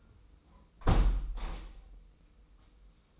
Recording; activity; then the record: daily activity, microphone in the room; close window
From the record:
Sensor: 1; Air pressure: 990.3 hPa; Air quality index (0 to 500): 166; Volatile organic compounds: 1000 ppm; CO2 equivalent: 6046 ppm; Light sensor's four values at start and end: 21/46/20/22 and 20/46/20/21